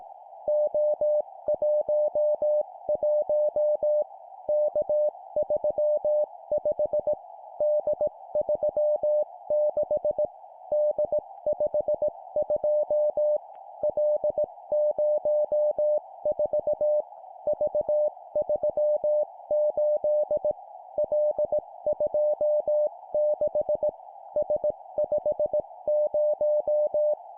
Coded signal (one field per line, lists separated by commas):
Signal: Morse code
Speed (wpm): 18 wpm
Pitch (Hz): 600 Hz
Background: music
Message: O11 K35 D36 D52 L04 V38 L26 S50